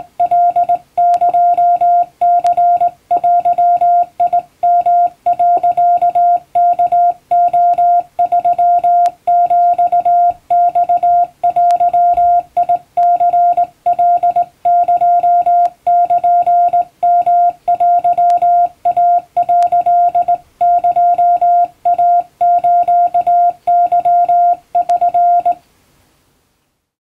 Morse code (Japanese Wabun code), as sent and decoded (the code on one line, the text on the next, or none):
.-.. -.--- -.-. .-.-- .. -- .-.-.- -.- --- ...-- --..- -..- .-.-- .. -.-. .-.. -.--- -.--. -- .-.-- .- .-.-.. -.--- .- ---.- -.-- ...-.
カエニデヨ、ワレ3ヒマデニカエルヨテイ」エイスケ<SN>